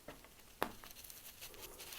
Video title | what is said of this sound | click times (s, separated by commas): Swytch Ebike kit first build 2006 Giant single speed MTB | a satisfying click that that | 0.6 s